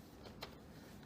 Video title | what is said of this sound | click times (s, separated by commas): How to replace laptop screen for HP Pavilion g6 for www.laptopscreen.com | really literally kind of snapped right in place it's kind of cool | 0.4 s